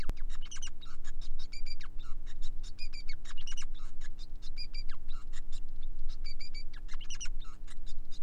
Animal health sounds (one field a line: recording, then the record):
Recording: song of a male Bengalese finch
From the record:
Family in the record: son of father 5